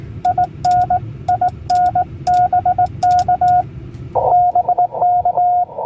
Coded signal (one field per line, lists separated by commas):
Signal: Morse code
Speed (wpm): 19 wpm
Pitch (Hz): 720 Hz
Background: radio noise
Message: IN IN BK BK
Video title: POTA Activation K-4206 - CW Only